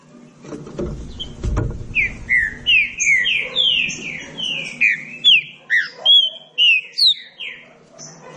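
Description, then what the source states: Green-winged saltator song: a rapid series of downslurred whistles with high thin chips above and a low knock early on. Classic song style (canto clássico) used as a training recording.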